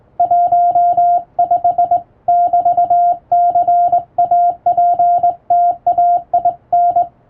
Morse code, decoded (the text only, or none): 15<BT>CAPTAIN